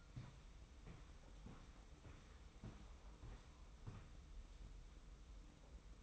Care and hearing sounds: daily activity, microphone in the room; walk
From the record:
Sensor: 1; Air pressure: 990.7 hPa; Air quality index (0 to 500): 150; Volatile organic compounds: 1000 ppm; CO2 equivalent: 5423 ppm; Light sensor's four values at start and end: 27/63/27/29 and 26/60/26/28

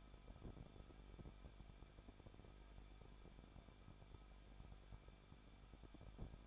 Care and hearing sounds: daily activity, microphone in the room; no activity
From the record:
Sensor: 5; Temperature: 20.8 degrees Celsius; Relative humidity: 38.3%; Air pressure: 1006.6 hPa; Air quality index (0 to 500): 186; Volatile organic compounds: 17 ppm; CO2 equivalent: 2597 ppm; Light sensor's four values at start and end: 2/3/1/1 and 2/3/1/1

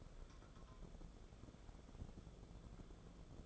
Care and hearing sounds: daily activity, microphone in the room; take from stove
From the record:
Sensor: 5

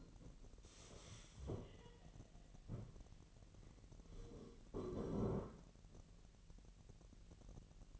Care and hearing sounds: daily activity, microphone in the room; stand up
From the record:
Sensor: 4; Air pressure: 1002.7 hPa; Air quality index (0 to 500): 249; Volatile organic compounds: 33 ppm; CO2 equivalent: 3012 ppm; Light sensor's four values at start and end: 10/24/10/10 and 10/24/10/10

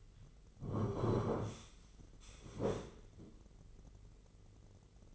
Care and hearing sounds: daily activity, microphone in the room; sit down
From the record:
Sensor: 4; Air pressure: 996.8 hPa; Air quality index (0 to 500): 240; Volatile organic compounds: 336 ppm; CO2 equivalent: 4556 ppm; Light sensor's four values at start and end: 44/108/44/44 and 44/108/44/44

